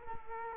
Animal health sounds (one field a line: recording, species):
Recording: mosquito wingbeat signal from an infrared sensor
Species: Culex quinquefasciatus